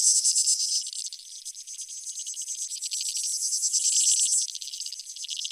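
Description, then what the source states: Creek insects in a bright, rapidly pulsed high chorus, loudest at the start, then swelling and ebbing. Creek insects; field recording made in Australia or Portugal during 2011 for a collaborative soundwork; some recordings processed, others unaltered.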